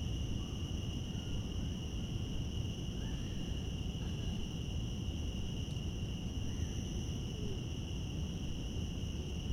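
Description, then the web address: Cicadas give a steady, unbroken high buzzing drone over deep low rumble, with a few faint chirping notes. Cicadas in Central Park. "lynne-publishing Central Park cicadas"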